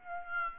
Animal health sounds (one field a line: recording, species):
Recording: mosquito wingbeat signal from an infrared sensor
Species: Aedes aegypti